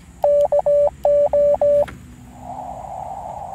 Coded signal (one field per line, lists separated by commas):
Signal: Morse code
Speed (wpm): 17 wpm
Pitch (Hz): 580 Hz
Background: none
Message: KO